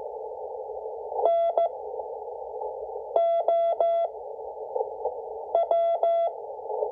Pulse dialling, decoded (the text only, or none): none